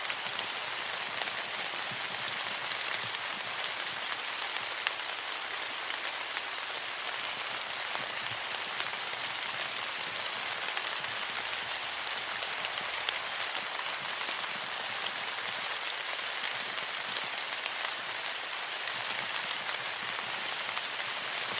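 Heavy tropical rain pours steadily and densely, a bright close hiss of countless drops on surfaces that never lets up.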